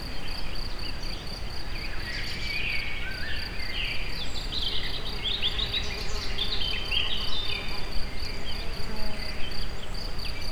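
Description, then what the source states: Insects chirp in an unbroken high pulsing rhythm, with lively bird chatter midway and a steady low rumbling background. Insect sounds recorded in nature at very close range at the Eger tourist house (Egerturistaház).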